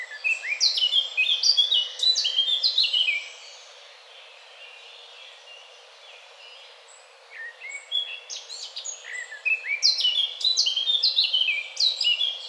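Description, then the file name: Eurasian blackcap song: fast, scratchy warbled phrases of high notes for about three seconds, a quiet pause, then another energetic burst of varied twittering toward the end. "Sylvia atricapilla"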